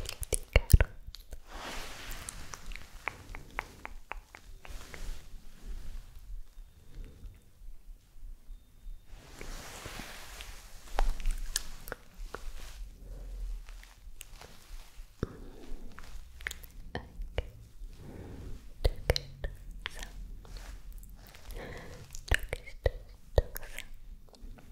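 Soft, unintelligible whispering comes in breathy bursts, with hissy stretches near the start and around ten seconds. Frequent sharp clicks and taps run through the whole clip, thickening in the second half, over a low, steady hum.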